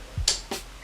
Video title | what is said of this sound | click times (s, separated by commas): Zhiyun Weebill 3 Overview | going to lock it again you hear the little click that is the lock | 0.3 s